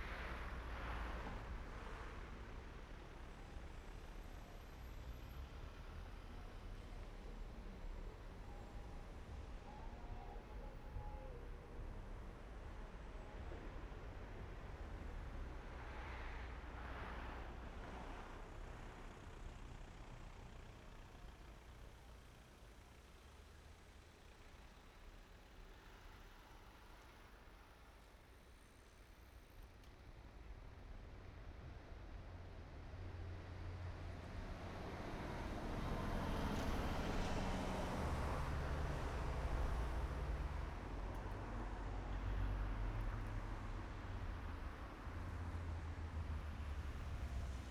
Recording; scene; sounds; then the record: everyday scene through a hearing-aid microphone; in traffic; traffic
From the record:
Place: main road on the outskirts, rush hour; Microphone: behind the ear, right, front